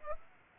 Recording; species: mosquito wingbeat signal from an infrared sensor; Aedes aegypti